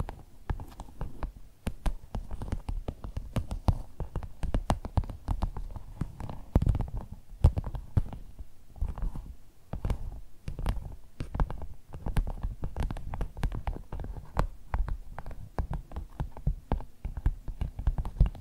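Dense, uneven tapping runs through the whole stretch, with sharp clicks landing several times a second and no voices. The taps have a muffled, low, thumping body under their crisp tops, and a soft rumbling murmur fills the gaps between them.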